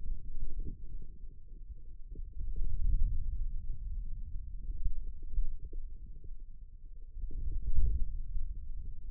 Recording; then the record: forearm muscle sounds (acoustic myography)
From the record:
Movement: wrist flexion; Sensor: system 2, bracelet of six BSWA MPA416 microphones around the upper forearm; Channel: 4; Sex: male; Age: 22 years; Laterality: right